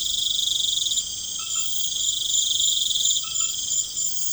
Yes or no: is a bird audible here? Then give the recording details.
no. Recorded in pastures near Puerto Asís, Putumayo, Colombia, on 12 March 2025 at 21:00. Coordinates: 0.505, -76.324. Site GP08